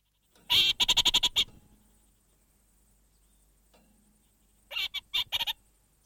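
Orange-fronted parakeet chattering: a fast burst of several harsh notes, a pause of several seconds, then a shorter broken run of similar notes.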